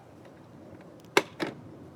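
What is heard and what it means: A battery pack is pulled out of the battery bay of an EGO POWER+ 21-inch self-propelled Select Cut lawn mower after its latch is pinched, giving a sharp release click at 1.2 s, followed by a softer clack at 1.4 s. The battery comes out very easily, though it is tight going in because the mower is new.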